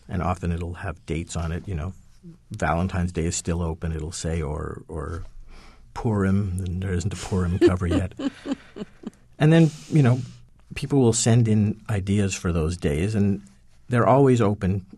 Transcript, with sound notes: And often it'll have dates on it, you know, Valentine's Day is still open, it'll say, or Purim. There isn't a Purim cover yet.
(SOUNDBITE OF LAUGHTER)
And then, you know, people will send in ideas for those days. And they're always open